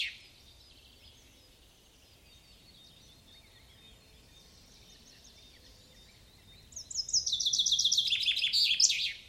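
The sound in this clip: Common chaffinch song: after faint song in the background, a loud fast series of notes starts near the end, stepping down in pitch into a short flourish.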